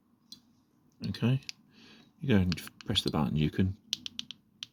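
The internal part of a Ford Mondeo 3-button remote key fob, slid in one corner first, is pushed down and in to seat it in the fob's plastic plastic housing, giving a single sharp tick at 0.3 s as it snaps into place. Someone then talks, and a quick series of small clicks follows from about 3.9 to 4.6 s as the fob's buttons are pressed to test it.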